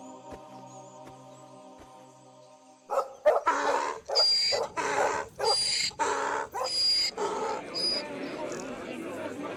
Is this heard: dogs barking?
yes